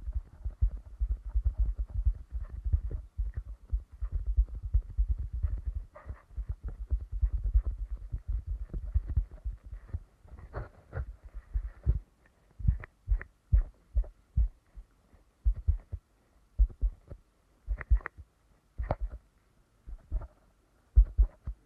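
Deep ear canal massage gives soft, dense muffled rubbing and thumping for ten seconds, then slows into separate, regular low thuds with pauses.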